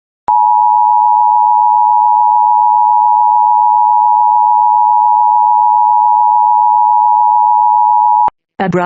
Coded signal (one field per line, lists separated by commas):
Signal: Emergency Alert System (SAME) tones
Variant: 853 and 960 Hz attention tone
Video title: Administrative message EAS #12